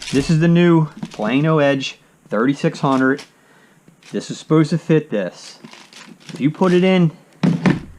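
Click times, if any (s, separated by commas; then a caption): none. Someone talks, then pushes a plastic Plano Edge 3600 tackle box into the molded box holder of a NuCanoe Flint kayak, and it knocks and taps against the holder at about 7.4, 7.7 and 8.0 seconds. The box does not go all the way down and has not seated or clicked into place.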